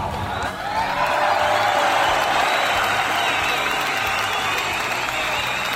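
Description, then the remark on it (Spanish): Canned applause plays as a steady, dense wash of clapping with a few cheers mixed in, holding at an even loudness for several seconds without any talking over it. “Ah, sí, aplausos tenía que poner ahora. Pues dale, si los tienes ahí enlatados.”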